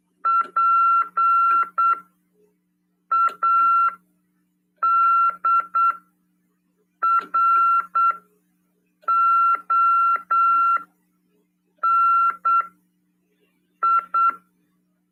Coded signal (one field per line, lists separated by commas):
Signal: Morse code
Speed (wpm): 8 wpm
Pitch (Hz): 1360 Hz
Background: none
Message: PADRONI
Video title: RADIOAMADOR 2ªEd. 15/12/2022 "AULA 46: CW, LEGIS e C.RODADA" FM 146.410 Mhz.PY2EXU PAULO CRASP/RAF.